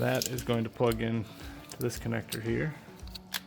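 Someone talks while holding the plastic plug of a Corbin Works aftermarket turn signal kit wiring harness, with heat shielding, up to the vehicle's mating harness connector on a Can-Am Commander G2. A few faint sharp handling ticks are heard near the end, around 3.1 to 3.4 seconds. The plug has not been pushed home yet, so nothing has seated or clicked.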